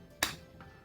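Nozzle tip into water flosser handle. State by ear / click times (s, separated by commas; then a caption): seated / 0.2 s. A plastic nozzle tip is pressed firmly down into the top of a CKSOHOT 2020 Edition cordless water flosser handle, where it must go fully in or it will fall out during use. A sharp snap at 0.2 s marks the nozzle popping into place, followed by a fainter sound at 0.6 s. The nozzle is seated in the handle.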